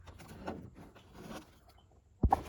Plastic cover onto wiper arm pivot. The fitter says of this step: So line them up, push it down, and you hear it click into place.